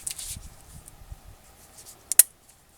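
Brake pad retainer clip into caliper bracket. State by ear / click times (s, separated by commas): seated / 2.1 s, 2.2 s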